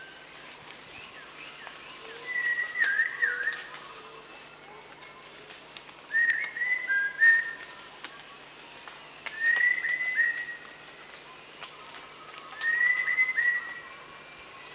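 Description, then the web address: Rufous-tailed shama singing short whistled phrases with slurred, wavering notes, repeated roughly every three to four seconds against pulsing high-pitched insects. Recorded at Danum on 1 January 2008. "DANUM 20080101. sound rufous-tailed shama"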